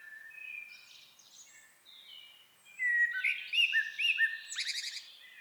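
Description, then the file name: Eurasian blackbird song: soft warbling at first, then a loud run of fluty whistled notes finished with a high, scratchy twitter. "Turdus merula"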